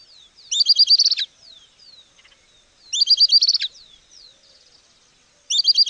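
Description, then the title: Southern beardless tyrannulet calling in quick, high chattering bursts, three series about every two and a half seconds, soft whistled notes in the gaps. Nominate subspecies Camptostoma obsoletum obsoletum. "LuckyPassaro Completos2Sama. Southern Beardless Tyrannulet (Camptostoma obsoletum obsoletum)"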